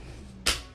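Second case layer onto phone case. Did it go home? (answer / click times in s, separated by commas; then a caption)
yes / 0.5 s. The second layer of a plastic phone case is pressed onto the first layer on a Samsung Galaxy Z Fold 3 folding phone. A single sharp click at 0.5 s rises over a quiet background and fades quickly, confirming the layer has popped into place and seated.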